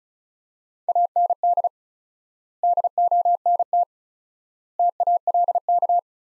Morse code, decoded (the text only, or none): AND DONT TALK